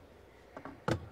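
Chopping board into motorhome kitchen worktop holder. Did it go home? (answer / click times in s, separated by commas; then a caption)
yes / 0.9 s. A chopping board is slid into a holder in a motorhome kitchen worktop. Two soft knocks at about 0.6 s lead to a louder, sharper knock at 0.9 s as the board locks in place.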